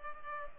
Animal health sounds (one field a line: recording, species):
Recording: mosquito wingbeat signal from an infrared sensor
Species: Culex pipiens